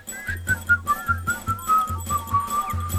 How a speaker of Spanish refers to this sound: Qué lindo, el coro estable de Angelitos Silbadores. Coro exclusivo de Nos Estamos Yendo.